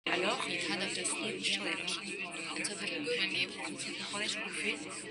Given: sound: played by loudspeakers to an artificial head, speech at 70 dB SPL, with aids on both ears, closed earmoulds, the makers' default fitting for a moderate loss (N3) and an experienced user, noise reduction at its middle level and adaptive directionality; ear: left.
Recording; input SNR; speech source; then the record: speech test signal (ISTS) in cocktail-party noise; -6 dB; in front (0 degrees)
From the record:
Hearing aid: class 2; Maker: C